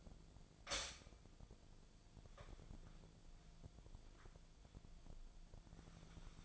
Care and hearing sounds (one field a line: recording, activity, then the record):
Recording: daily activity, microphone in the room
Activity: stop toaster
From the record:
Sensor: 5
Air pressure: 1009.5 hPa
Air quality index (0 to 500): 168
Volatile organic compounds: 4 ppm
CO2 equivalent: 1633 ppm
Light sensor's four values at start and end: 91/242/99/104 and 91/242/98/104